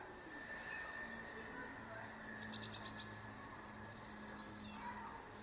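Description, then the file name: Eurasian blue tit giving two short bursts of thin, very high notes a couple of seconds apart, against a faint steady background hum. "Cyanistes caeruleus"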